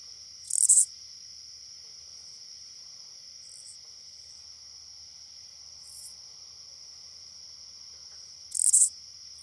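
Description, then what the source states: Oblong-winged katydid song: brief raspy high bursts, loud near the start and end with softer ones between, over a steady high insect drone. North America.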